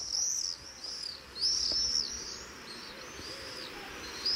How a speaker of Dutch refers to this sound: Een gierzwaluw.